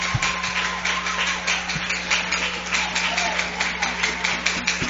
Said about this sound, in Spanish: Dele aplauso al Señor. Déselo fuerte.